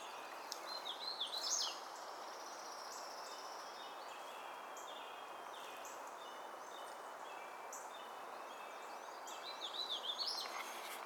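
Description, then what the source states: Hooded warbler singing two clear whistled phrases about nine seconds apart. Lake Crabtree, 16 April 2018.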